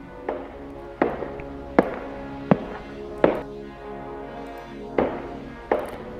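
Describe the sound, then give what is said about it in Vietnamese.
Slow, sharp clacks of hard shoe heels approaching very slowly along a hallway from outside a room, about eight evenly spaced footfalls with a ringing echo, over a steady low droning tone. “Bỗng cô giật thót mình, bởi từ phía ngoài có một âm thanh giày đang đi tới rất chậm, rất chậm, làm cho Thanh bắt đầu cảm thấy lo sợ.”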